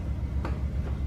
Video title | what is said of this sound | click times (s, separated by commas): 2005-2011 Cadillac STS - Hood Latch Replacement | windshield washer fluid and that you just push on until it clicks and | 0.4 s